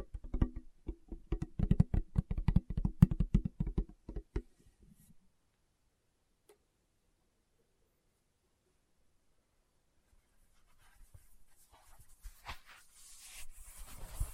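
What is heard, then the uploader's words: Quick, dense fingertip tapping patters for the first four seconds or so, low and knocking with a hollow ring. Then near silence with one soft tap around six seconds, before faint rustling and scratching rise and grow brighter over the last few seconds. ASMR Tapping with Fingertips (No Talking).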